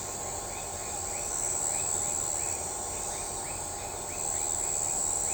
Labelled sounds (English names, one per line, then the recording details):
none
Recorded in shrubland near Pivijay, Magdalena, Colombia, on 18 April 2023 at 01:00
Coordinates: 10.453, -74.365
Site P5-G022